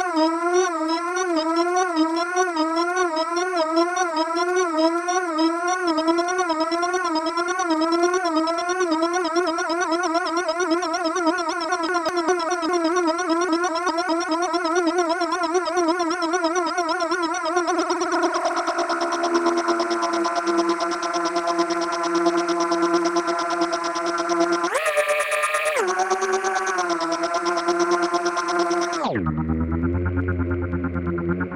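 A digital insect swarm of stacked electronic tones, wavering quickly up and down like a chorus of buzzing wings. Near 18 seconds the trilling smooths into a steadier drone with tones sliding lower, a bright burst flares around 25 seconds, and the close ends on a lower, gritty buzz.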